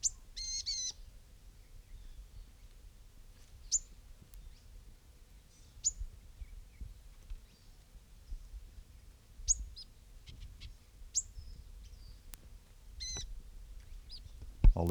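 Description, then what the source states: Gnatcatcher giving brief high thin call notes, scattered every few seconds over a low background rumble. Little call notes.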